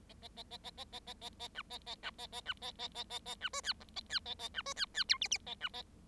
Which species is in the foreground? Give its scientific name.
Lonchura striata domestica